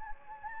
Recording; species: mosquito wingbeat signal from an infrared sensor; Anopheles gambiae